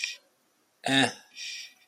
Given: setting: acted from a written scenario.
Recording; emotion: vocal sound without words; neutral